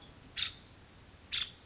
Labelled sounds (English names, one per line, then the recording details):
Nuttall's Woodpecker
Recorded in Sonoma County, California